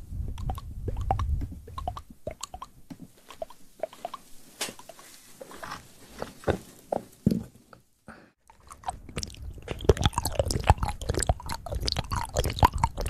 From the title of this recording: ASMR Fast Mouth Sounds